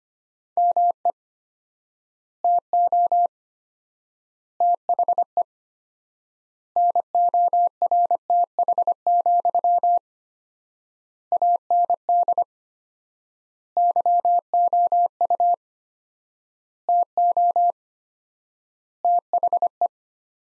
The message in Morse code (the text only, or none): ME TO THE NORTH, AND YOU TO THE